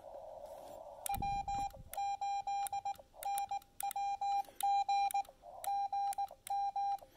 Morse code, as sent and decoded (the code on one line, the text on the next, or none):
.-- ---.. -. .-- --. / --. --
W8NWG GM